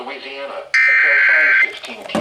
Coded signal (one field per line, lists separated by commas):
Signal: Emergency Alert System (SAME) tones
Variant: header bursts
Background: speech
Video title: Severe Thunderstorm Warning - EAS 236 and 237